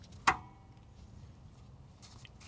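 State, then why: Seated. The metal oil cooler inlet pipe is pushed into the oil filter adapter fitting on a 1996–2000 GM 4WD K truck with a Vortec 5.0L/5.7L V8 during an oil filter adapter leak repair. A single sharp, bright click at 0.3 s stands out against low background rumble, with only faint ticks afterward. The pipe snaps and is seated in the fitting.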